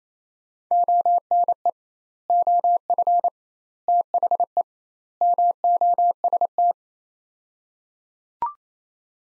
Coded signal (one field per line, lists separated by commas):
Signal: Morse code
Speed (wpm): 28 wpm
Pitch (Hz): 700 Hz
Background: none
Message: ONE OF THE MOST